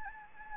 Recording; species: mosquito wingbeat signal from an infrared sensor; Anopheles gambiae